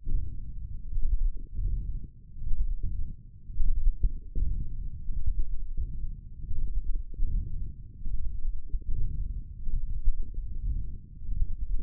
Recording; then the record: forearm muscle sounds (acoustic myography)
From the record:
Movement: wrist extension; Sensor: system 1, eight BSWA MPA416 microphones around the upper forearm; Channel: 5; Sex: female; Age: 22 years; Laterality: right